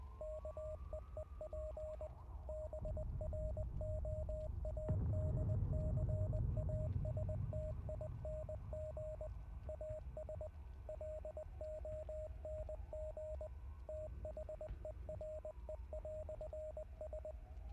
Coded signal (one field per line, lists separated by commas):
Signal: Morse code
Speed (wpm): 20 wpm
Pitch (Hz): 620 Hz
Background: radio noise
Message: KEEP BROADCASTING AS LONG THERE"S